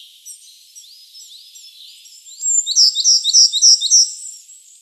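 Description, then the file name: Eurasian blue tit: a quick run of five bright, high, rounded notes near the end, over fainter thin whistles and chirps. "Cyanistes caeruleus"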